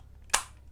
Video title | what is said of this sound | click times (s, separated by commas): DX Gosei Great honest review | Nah, tapi bunyi klik | 0.3 s